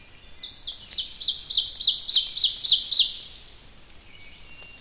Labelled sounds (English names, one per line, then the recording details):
Ovenbird song
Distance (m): 5 m
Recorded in boreal forest in Alberta, Canada, on 29 May 2016 at 06:22
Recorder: SongMeter 3, array SBT-3-49
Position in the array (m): 142 m, 38 m
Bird 16